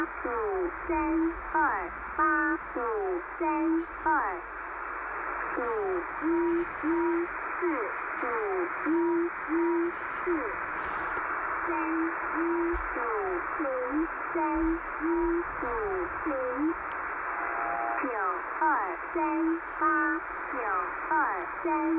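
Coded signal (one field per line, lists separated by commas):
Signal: numbers station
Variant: V13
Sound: repeating warbling, hooting electronic tones that slide and step in pitch, over radio hiss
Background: radio static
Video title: Websdr: V13 Taiwanese Numbers Station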